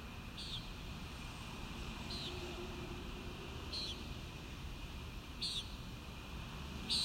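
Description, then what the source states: Common nighthawk repeating a buzzy nasal peent, five calls that grow stronger toward the end, over steady low-frequency background noise. Recorded at Kissimmee on 1 May 2019.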